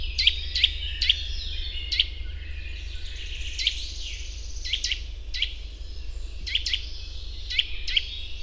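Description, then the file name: Eurasian nuthatch giving clipped, emphatic call notes, sometimes doubled, spaced about a second apart, over a steady low hum. "Sitta europaea"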